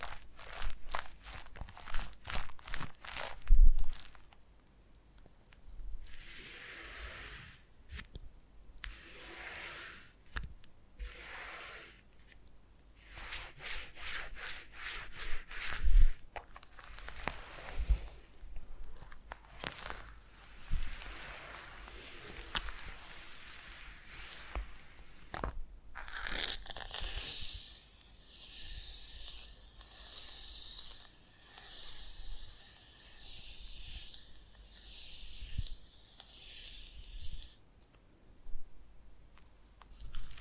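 Foam massage: irregular squishy rubs and soft crackles for about 26 seconds, then a steady bright hiss lasts until near the end.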